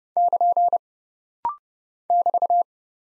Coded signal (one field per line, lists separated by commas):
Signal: Morse code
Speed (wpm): 30 wpm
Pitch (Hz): 700 Hz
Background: none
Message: <KN> <BT>